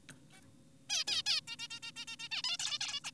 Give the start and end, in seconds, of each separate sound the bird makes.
0.30-0.41, 0.90-1.04, 1.08-1.22, 1.26-1.41, 1.48-1.56, 1.59-1.68, 1.71-1.80, 1.83-1.92, 1.96-2.05, 2.08-2.16, 2.20-2.28, 2.32-2.42, 2.44-2.57, 2.59-2.79, 2.81-3.00, 3.04-3.11